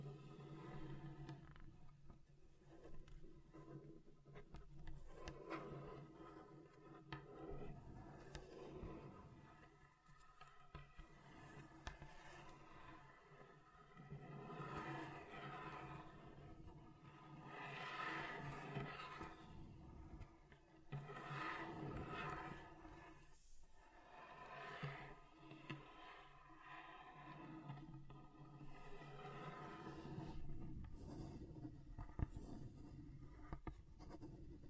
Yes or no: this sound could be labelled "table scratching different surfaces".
yes